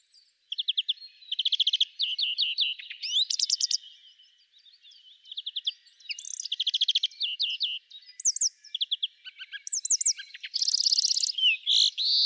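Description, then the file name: European greenfinch twittering song of rapid trills and rattles in bursts, with short pauses between them. "Chloris chloris"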